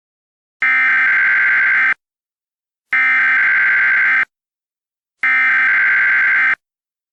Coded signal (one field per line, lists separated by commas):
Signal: Emergency Alert System (SAME) tones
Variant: header bursts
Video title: EAS Scenario: Absolutely Radioactive Part 8